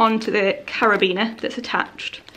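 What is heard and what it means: Someone talks while handling the two zipper pulls of an anti-theft travel bag, bringing them toward the carabiner attached to the bag to clip them on. Faint handling sounds are heard under the voice. Nothing has clipped or seated yet.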